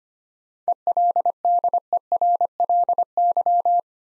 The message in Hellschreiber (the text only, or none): none